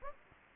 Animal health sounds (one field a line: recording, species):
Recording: mosquito wingbeat signal from an infrared sensor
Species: Anopheles gambiae